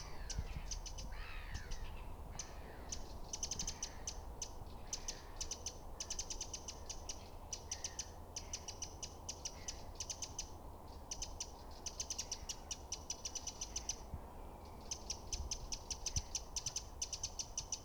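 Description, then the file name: Eurasian wren giving rapid dry ticking rattles, high and buzzy, in repeated bursts of varying length; another bird sings faintly early on, over steady low rumble. "Troglodytes troglodytes"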